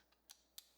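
A 180-degree USB-C right-angle adapter is plugged into the USB-C hub connector at the bottom of an iPhone 15 Pro held in its cage. Two short, sharp clicks sound at 0.3 s and 0.6 s as the plug goes in and seats. It lines up and fits, though it sits a little loose.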